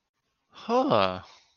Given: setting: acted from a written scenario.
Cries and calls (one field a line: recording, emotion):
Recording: vocal sound without words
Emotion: interest